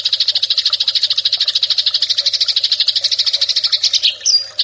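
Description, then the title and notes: Eurasian tree sparrow giving a continuous rapid rattling chatter, very regular, ending with a short higher squeak. Fighting-style call (tarung) used for training birds. "MASTER GEREJA TARUNG. burung gereja"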